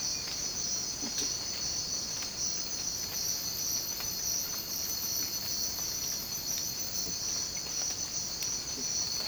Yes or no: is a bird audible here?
no